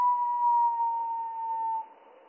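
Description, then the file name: Spotted flycatcher song, slowed, as one sustained pure whistle gently sliding downward for nearly two seconds before fading into faint hiss. Slowed down three octaves; mono. "GOBE MOUCHE GRIS MOINS TROIS OCTAVES MONO"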